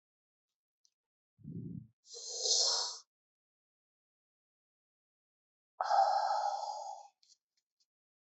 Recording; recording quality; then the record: deep breathing; excellent, no background noise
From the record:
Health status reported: COVID-19 positive, moderate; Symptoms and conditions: cough, cold, breathing difficulty, sore throat, fever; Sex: male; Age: 51 years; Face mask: worn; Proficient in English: yes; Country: India